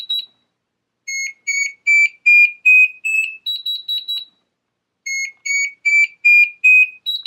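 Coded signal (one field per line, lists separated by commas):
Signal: beep code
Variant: Metroboard remote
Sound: six short beeps rising in pitch, then quick higher beeps; the sequence repeats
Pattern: 6 short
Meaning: Acceleration level 6 is set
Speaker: then if I pull it again, it'll go to 6 beeps.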